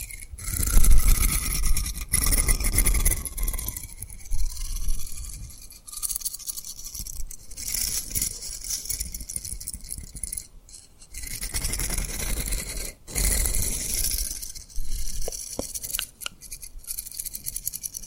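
Tapping and rubbing on a rhinestone surface make dense, scratchy brushing sounds with brief silent gaps near 6, 11 and 13 seconds.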